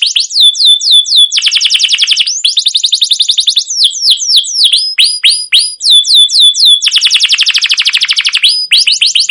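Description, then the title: Canary song alternating clear descending whistles with fast buzzy trills, the phrases running continuously without breaks. Long, continuous rolling canary song used as a lure to train other canaries to sing. "CUIT CUIT NGEROL LANGSUNG GACOR PANJANG Kenari Ini AMPUH Utk Pancingan KENARI"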